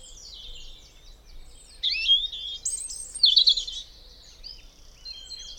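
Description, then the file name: European robin song of high, thin, warbling notes with two louder squeaky bursts in the middle. "Erithacus rubecula"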